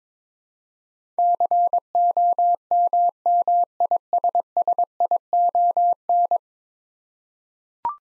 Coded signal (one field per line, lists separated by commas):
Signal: Morse code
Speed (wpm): 22 wpm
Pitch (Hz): 700 Hz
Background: none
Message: COMMISSION